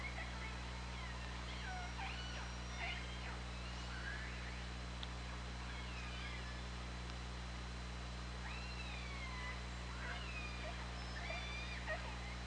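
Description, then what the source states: Orca calls come frequently throughout, with harmonic squeals that sweep up and down and overlap at times, over a continuous low drone. On an OrcaLab hydrophone, 24 August 2017, at 20:29:41.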